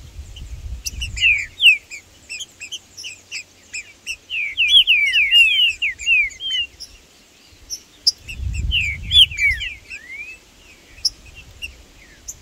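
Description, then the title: Green-winged saltator singing: a run of rich, slurred whistles, then a second phrase, among busy high chirping and intermittent low rumbling. Birds singing in the bush, calling and performing territorial displays while competing with rivals; a wild bird present alongside the birds named Blindado and Tufão. "TRINCA Piando, Cantando E Macheando Na DISPUTA. Trinca Ferro no MATO Cantando e Macheando muito com Solto! Blindado e Tufão no mato"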